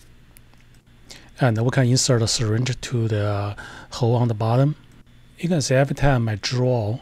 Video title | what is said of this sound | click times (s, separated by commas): How to add Refillable Ink Tank to Canon PIXMA Printer - PGI 280 CLI 281 Cartridge CIS CISS | die Lasche rastet ein. | 0.4 s, 1.1 s